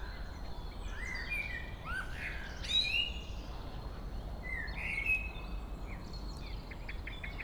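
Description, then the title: Common blackbird song: rich whistled phrases with squeaky high endings, followed by short high ticking notes, over a steady low rumble. Local blackbird singing at Chemin des cris, Chindrieux, France. "Chemin des cris, Chindrieux, France - Merle"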